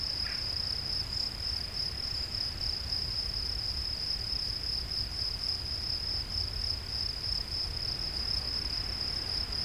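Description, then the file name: Field cricket song, a steady high shrill trill running without pause throughout, over a low background rumble. "Gryllus campestris"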